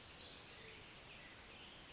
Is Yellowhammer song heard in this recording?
no